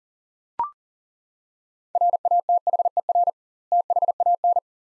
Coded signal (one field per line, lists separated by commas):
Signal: Morse code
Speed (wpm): 39 wpm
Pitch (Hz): 700 Hz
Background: none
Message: RATHER THAN